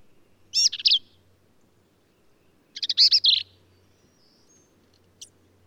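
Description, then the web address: Black-capped vireo giving two rich, rapid phrases of jumbled squeaky notes a couple of seconds apart, followed by a single short high note. "birdsongforthecurious Black-capped Vireo"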